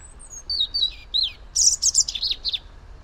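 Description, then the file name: European robin song, with thin drawn-out high whistles that slide downward, followed by a quick sparkling series of rapid chirpy notes. "Erithacus rubecula"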